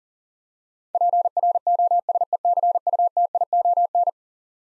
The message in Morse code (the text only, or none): PROSECUTION